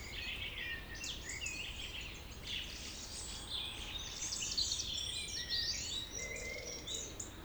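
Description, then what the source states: Birds singing in a dense chorus of overlapping chirps, trills and high twittering phrases, with steady background noise throughout. Village birds singing in Tregastel bourg, Pleumeur-Bodou, France, around 8 pm on a humid April 2019 evening; recorded with an MKH 8040 ORTF pair in Rycote ORTF and a Zoom H5.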